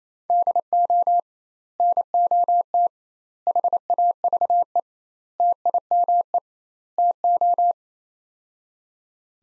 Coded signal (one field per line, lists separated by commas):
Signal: Morse code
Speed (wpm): 27 wpm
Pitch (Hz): 700 Hz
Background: none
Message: DO NOT HAVE TIME TO